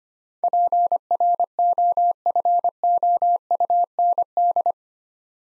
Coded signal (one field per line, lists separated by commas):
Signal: Morse code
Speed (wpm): 25 wpm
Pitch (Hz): 700 Hz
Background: none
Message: PROFOUND